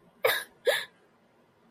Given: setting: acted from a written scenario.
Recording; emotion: vocal sound without words; sadness